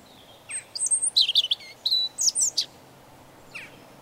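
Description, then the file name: European robin song: a short burst of thin, high, tumbling notes with sharp trills and wavering whistles, then a pause and one faint final note. "Erithacus rubecula"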